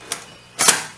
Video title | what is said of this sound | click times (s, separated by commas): How to build a PC - The Basics | going to snap right in these little guys right here are gonna snap in it doesn't move | 0.1 s